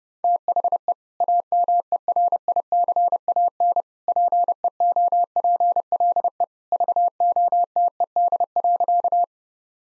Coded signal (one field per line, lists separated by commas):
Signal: Morse code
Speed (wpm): 30 wpm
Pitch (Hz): 700 Hz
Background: none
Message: THE AMERICAN PEOPLE VOTED.